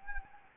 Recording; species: mosquito wingbeat signal from an infrared sensor; Anopheles gambiae